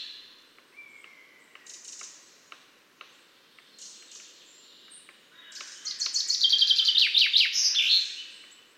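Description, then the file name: Common chaffinch singing: scattered soft chips and a thin whistle first, then a loud, fast trill of repeated notes closing with a flourish. "Fringilla coelebs"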